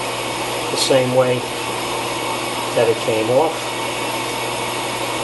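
A metal brake pad hardware clip is lined up on the caliper mounting bracket of the front brakes on a 2013-2017 RAV4, positioned the same way it came off before being pushed home. Someone talks in two short bursts over a steady low hum. Nothing has clicked or seated yet.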